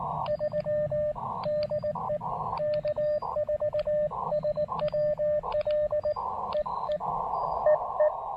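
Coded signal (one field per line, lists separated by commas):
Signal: Morse code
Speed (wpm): 18 wpm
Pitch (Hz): 590 Hz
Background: radio noise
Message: 3 DE K4SWL EE EE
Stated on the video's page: CW Parks on the Air activation with an Elecraft KX2 and a borrowed antenna.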